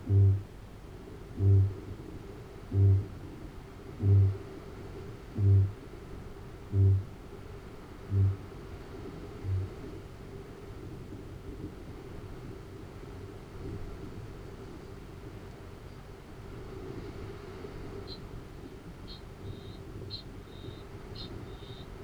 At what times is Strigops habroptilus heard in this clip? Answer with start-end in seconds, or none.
0.00-7.31, 7.83-9.88, 17.92-22.02